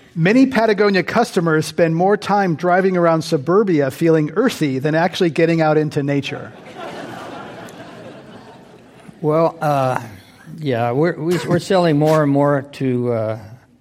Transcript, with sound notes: Many Patagonia customers spend more time driving around suburbia feeling earthy than actually getting out into nature?
[Laughter]
Well, yeah we’re selling more and more to